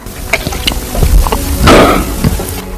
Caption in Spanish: Tragar saliva. A ver cómo es el sonido de tragar saliva de este hombre.